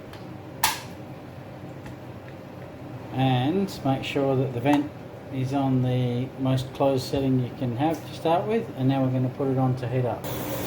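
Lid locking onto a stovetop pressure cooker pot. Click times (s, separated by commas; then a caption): 0.6 s. A metal lid is turned into its locked position on a stovetop pressure cooker pot, and it snaps shut with one loud, sharp hit at 0.6 s. After a quiet stretch of low background hum, someone talks.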